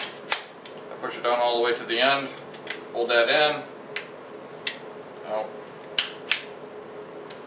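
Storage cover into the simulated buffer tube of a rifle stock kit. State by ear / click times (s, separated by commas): seated / 6.0 s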